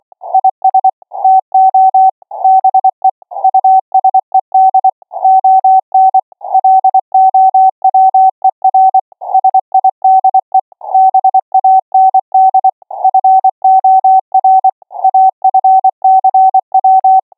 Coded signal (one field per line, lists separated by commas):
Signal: Morse code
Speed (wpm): 25 wpm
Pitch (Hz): 760 Hz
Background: none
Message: IS TO BE USED ON LOWER SIDE BAND FOR AFCW